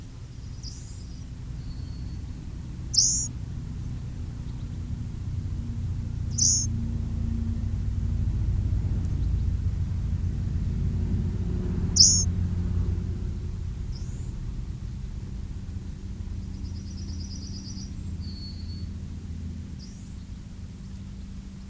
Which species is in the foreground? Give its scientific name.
Luscinia svecica